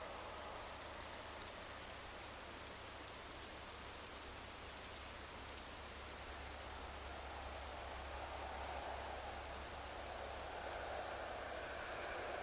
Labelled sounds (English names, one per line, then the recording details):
Tree Pipit
unidentified sound
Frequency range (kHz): Tree Pipit 5.4-7.0 kHz
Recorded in France